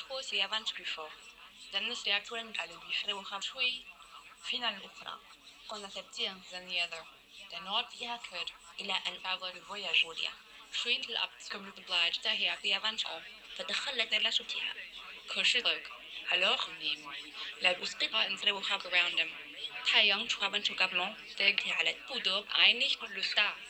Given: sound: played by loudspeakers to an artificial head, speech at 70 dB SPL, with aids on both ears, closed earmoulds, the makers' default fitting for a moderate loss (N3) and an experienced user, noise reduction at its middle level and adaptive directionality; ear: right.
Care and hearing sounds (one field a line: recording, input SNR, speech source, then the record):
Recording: speech test signal (ISTS) in cocktail-party noise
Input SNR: +6 dB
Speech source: on the right (90 degrees)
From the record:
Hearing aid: class 1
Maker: I